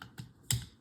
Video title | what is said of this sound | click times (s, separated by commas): USB-C Kinda Sucks (imho...) | And you hear the click. | 0.5 s